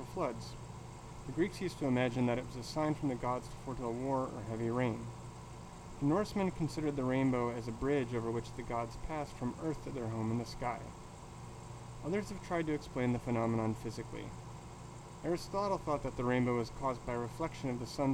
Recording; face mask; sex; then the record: reading aloud; surgical mask; male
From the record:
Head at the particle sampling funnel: tilted down, bridge of the nose in front of it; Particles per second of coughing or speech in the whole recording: 0.515